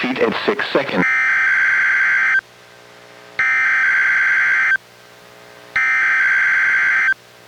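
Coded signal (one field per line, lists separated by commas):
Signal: Emergency Alert System (SAME) tones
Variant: header bursts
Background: speech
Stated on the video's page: NWR required weekly test from NWS Portland, relayed by KEC91 Astoria, recorded from a Reecom R-1630 weather radio via Zoom H1 recorder.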